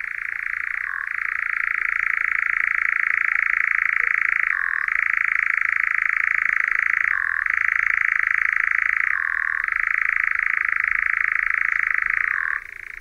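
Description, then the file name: European nightjar churr, a sustained dry trill broken by brief dips to a lower pitch about every two to four seconds. "Lelek"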